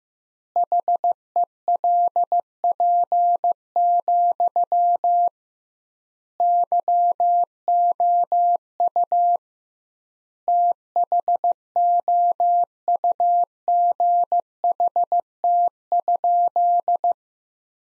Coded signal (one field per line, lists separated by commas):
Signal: Morse code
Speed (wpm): 15 wpm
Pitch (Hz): 700 Hz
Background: none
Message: HELP, YOU THOUGHT?